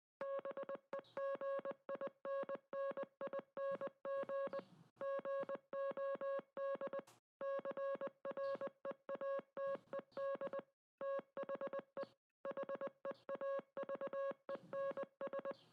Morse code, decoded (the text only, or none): BEGINNING GOD CREATED THE HEAVENS